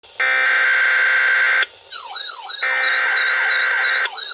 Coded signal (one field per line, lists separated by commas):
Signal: Emergency Alert System (SAME) tones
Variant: header bursts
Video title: Triple Header EAS #107 - 109 Severe Thunderstorm Warning